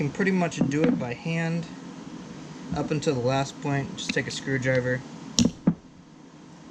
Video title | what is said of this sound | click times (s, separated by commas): Front hub swap on my project car | it snaps right in | 5.4 s